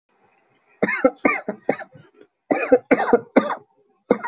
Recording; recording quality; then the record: shallow voluntary cough; excellent, no background noise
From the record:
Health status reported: healthy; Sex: male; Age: 23 years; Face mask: not worn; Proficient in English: yes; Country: India